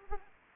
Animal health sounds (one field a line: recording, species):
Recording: mosquito wingbeat signal from an infrared sensor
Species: Anopheles arabiensis